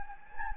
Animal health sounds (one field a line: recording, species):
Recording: mosquito wingbeat signal from an infrared sensor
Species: Anopheles gambiae